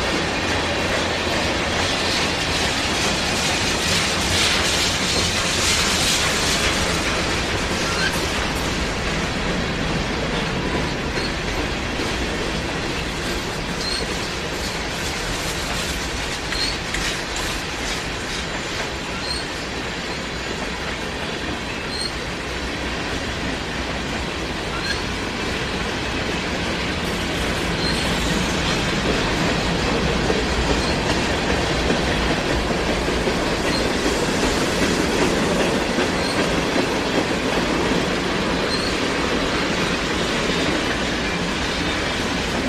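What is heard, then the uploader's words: A train rolls along the tracks with a steady, dense rumble and faint rhythmic clatter, its roar swelling slightly brighter near the middle and end. Train On Tracks.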